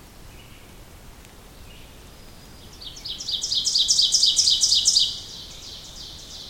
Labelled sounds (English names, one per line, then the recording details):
Ovenbird song
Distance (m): 10 m
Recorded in boreal forest in Alberta, Canada, on 2 June 2016 at 06:12
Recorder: SongMeter 3, array SBT-3-7
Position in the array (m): 49 m, 148 m
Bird 4